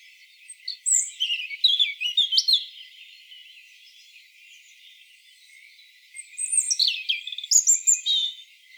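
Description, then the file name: European robin delivering two rich phrases of high warbled whistles and trills, each about two seconds long, separated by a few seconds of quiet. "Erithacus rubecula"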